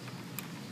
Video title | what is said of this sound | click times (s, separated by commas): Viasys Oxycon Mobile Setup and Calibration Instructions | make sure you hear a click or feel a click when you push it in there and it shouldn't come off when you just pull it | 0.4 s